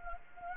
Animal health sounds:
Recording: mosquito wingbeat signal from an infrared sensor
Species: Anopheles gambiae

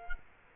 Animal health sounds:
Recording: mosquito wingbeat signal from an infrared sensor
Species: Culex quinquefasciatus

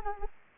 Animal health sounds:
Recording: mosquito wingbeat signal from an infrared sensor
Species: Anopheles arabiensis

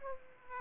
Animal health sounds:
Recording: mosquito wingbeat signal from an infrared sensor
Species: Aedes aegypti

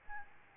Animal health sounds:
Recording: mosquito wingbeat signal from an infrared sensor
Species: Aedes albopictus

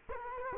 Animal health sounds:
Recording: mosquito wingbeat signal from an infrared sensor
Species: Culex quinquefasciatus

